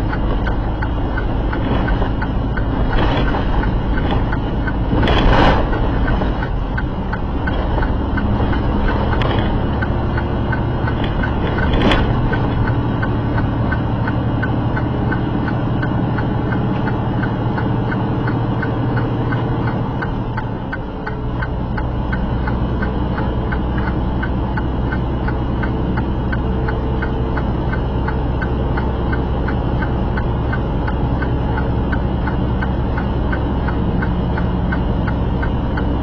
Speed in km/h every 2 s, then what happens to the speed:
72, 74, 74, 72, 74, 77, 79, 81, 82, 84, 82, 84, 84, 85, 85, 87, 87, 87.
0-36 speeds up to 87.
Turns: none.